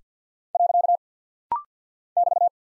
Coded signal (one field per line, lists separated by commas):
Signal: Morse code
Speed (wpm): 50 wpm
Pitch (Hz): 700 Hz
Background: none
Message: . <BT>